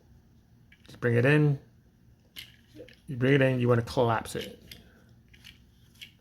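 Someone talks while collapsing a plastic leg section of a Transformers Legacy United Deluxe Class Cybertron Universe Hot Shot transforming action figure in toward the body, with a few faint plastic handling ticks between the words. The leg joint has not yet clicked or seated into its locked position by the end of the clip.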